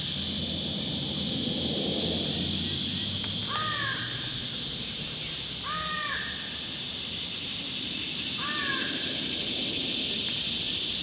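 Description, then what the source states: American crow cawing: three hoarse caws spaced a few seconds apart, with a constant bright hiss in the background. Pair of American crows calling at 10:35 a.m., July 25, 2019, about 35-40 meters away near the top of a 25-meter pine across a road; clear skies, no wind, about 70 degrees.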